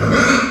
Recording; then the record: squeal of a Yucatan mini pig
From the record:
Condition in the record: after surgery on the right vocal fold (resection and tissue-engineered implant); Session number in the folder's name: 14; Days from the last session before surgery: 133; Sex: female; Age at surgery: 19 weeks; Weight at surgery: 25 kg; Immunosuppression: prednisolone